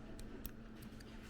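A Benchmade 4600 Phaeton folding knife's steel blade with a satin finish is pulled out by hand through a cloth, so skin oils don't touch the finish, until it locks into its handle. A sharp click at 0.5 s marks the blade seating in its locked position, with fainter ticks near 0.2 s and 1.0 s over a low steady background. The blade is back in place and ready to use.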